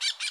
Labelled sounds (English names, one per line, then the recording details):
Brown-throated Parakeet contact call
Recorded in Bonaire
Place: 1 km N of power plant, rd to Republiek
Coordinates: 12.184, -68.285